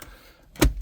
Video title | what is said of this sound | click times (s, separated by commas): Wiring and installation of the 9.7 Replacement radio for the Subaru Outback from KineticVehicles.com | And there you have it. It's all snapped in. | 0.6 s